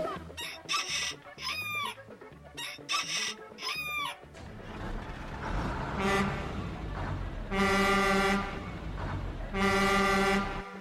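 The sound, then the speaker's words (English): The 7 o'clock bus's horn blares in two long, loud, steady honks near the end, preceded by a run of warbling, rising and falling horn tones over a busy background rumble. “Nadie duerme porque esto es el bus de las 7, el que está por encima del nivel.”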